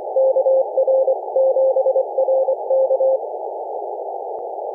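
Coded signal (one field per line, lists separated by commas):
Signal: Morse code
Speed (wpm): 24 wpm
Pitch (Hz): 530 Hz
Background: none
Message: KR7RK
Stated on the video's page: Morse from a Summits On The Air activation on Burnt Mountain.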